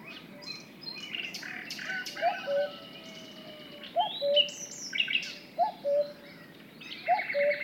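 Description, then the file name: Cuckoo's softer two-note cu-coo, four times at irregular gaps, among chirping and twittering small birds. "minutes of cuckoos"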